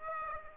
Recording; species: mosquito wingbeat signal from an infrared sensor; Aedes aegypti